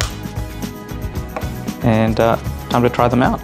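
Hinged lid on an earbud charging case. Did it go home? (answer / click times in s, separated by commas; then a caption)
yes / 0.0 s. The hinged plastic lid of a Pixel Buds Pro earbud charging case is closed and snaps shut with a sharp, very satisfying click at 0.0 s. Someone then talks over background music.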